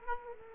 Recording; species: mosquito wingbeat signal from an infrared sensor; Aedes aegypti